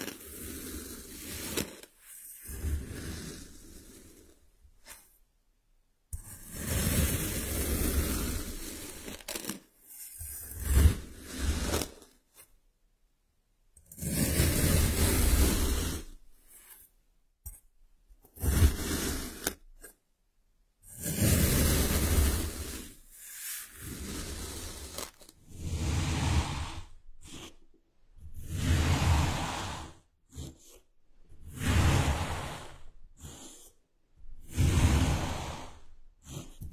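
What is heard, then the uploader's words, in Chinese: Kinetic sand is handled in bursts of soft, grainy rustling and crunching, each stroke separated by brief silences. Early passes are longer swells of a few seconds; later ones grow shorter and more regular, arriving roughly every second or two. 动力沙触发，沙沙声。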